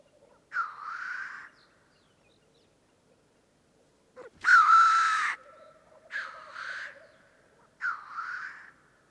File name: Digiffects Sound Effects Library - Black Grouse Bird Version 2